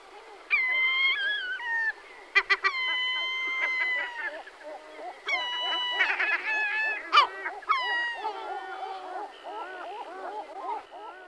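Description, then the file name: European herring gull calls: many birds mewing and wailing at once, with long level cries, quick bursts of sharp notes and a busy background of overlapping calls. "racek-stříbřitý"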